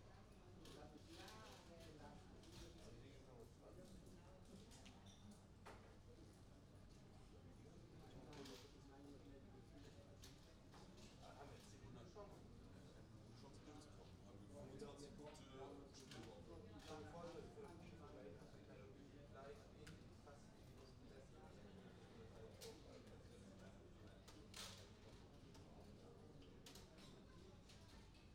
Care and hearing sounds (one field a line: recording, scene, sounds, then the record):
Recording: everyday scene through a hearing-aid microphone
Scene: many people talking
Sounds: many voices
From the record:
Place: university cafeteria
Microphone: in the ear canal, right